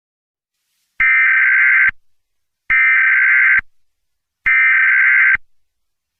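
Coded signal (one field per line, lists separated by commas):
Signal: Emergency Alert System (SAME) tones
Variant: header bursts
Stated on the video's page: Fictional EAS scenario alert for an asteroid impact, made for entertainment and not broadcast; the tones may be valid and are loud.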